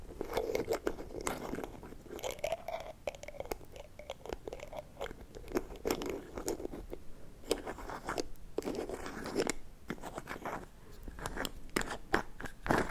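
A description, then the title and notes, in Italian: Small bottle caps click, twist and scrape in quick irregular bursts throughout, crisp, with a faint hum underneath. Suoni dei boccetti. Il suono dei coperchi di alcuni boccetti.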